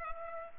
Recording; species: mosquito wingbeat signal from an infrared sensor; Culex pipiens